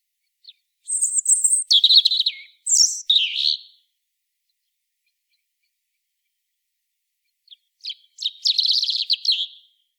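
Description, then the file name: European robin gives a high, tinkling song phrase with thin whistles and rattling trills, pauses for several seconds, then sings a second phrase. "Erithacus rubecula"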